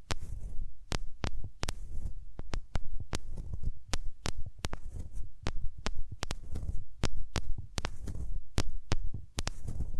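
Hands rub over the ears, making a dense, muffled rumble that swells and fades in uneven waves. Sharp, bright crackles and taps cut through about every half second to second, irregular in spacing, over a steady low throbbing underneath.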